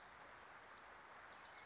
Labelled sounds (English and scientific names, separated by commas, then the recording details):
Wilson's Warbler (Cardellina pusilla)
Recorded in Sonoma County, California